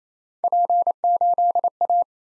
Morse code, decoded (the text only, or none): P8A